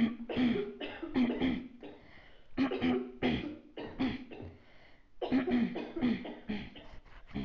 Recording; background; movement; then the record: throat clearing; a bystander coughing; sitting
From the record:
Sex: female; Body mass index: 22.6 kg/m2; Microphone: on the chest, facing outward